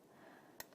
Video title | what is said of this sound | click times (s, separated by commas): JewelleryMaker LIVE 14/4/20 - 1-6pm | until it clicks there you go an earring | 0.6 s